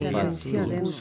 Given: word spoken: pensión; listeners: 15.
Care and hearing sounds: one Spanish word in noise, from a listening test; four-talker babble; -1.6 dB; 0 of 15; 9 of 15; 0.61 s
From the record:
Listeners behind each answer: 9, 1, 1, 1, 1, 1, 1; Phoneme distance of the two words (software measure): 10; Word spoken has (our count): 2 syllables, 7 phonemes, stress on syllable 2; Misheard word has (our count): 2 syllables, 7 phonemes, stress on syllable 2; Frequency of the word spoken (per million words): 16.64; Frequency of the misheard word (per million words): 49.58

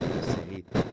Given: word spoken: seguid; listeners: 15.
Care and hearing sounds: one Spanish word in noise, from a listening test; noise modulated by one talker; -7.8 dB; 1 of 15; 9 of 15; 0.53 s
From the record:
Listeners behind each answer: 9, 3, 2, 1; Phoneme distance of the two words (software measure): 10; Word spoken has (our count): 2 syllables, 5 phonemes, stress on syllable 2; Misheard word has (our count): 2 syllables, 5 phonemes, stress on syllable 2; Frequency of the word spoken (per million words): 0.50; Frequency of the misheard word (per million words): 152.47

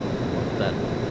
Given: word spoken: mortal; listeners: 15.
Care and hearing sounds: one Spanish word in noise, from a listening test; speech-shaped noise; -4.4 dB; 2 of 15; 6 of 15; 0.71 s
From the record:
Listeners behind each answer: 6, 5, 2, 1, 1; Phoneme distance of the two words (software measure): 20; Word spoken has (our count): 2 syllables, 6 phonemes, stress on syllable 2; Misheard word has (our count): 2 syllables, 6 phonemes, stress on syllable 2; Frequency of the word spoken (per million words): 15.76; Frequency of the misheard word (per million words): 23.39

